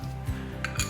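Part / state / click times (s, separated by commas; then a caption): hose quick-connect plug into its socket / not seated / none. A cleaned hose quick-connect socket is handled near its plug with stainless steel pins, giving light metallic clinks at about 0.6 and 0.8 seconds over a steady low hum. The coupling has not snapped together yet, and nothing has seated or clicked.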